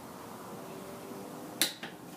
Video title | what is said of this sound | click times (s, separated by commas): Milwaukee FUEL Brushless VS Dewalt XR Drills and Drivers | we're going to get this on here and we're going to pull it until it clicks so pull down ready go | 1.6 s